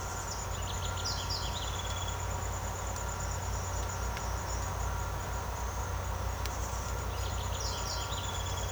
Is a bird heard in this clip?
yes